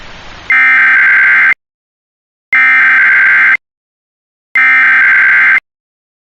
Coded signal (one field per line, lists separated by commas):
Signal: Emergency Alert System (SAME) tones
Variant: header bursts